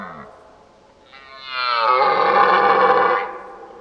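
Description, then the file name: Red deer roar: a hoarse, higher-pitched bellow rising to a loud, rasping peak for about two seconds, then fading. Old stag roaring during the rut (burlen). "Burlen oud hert"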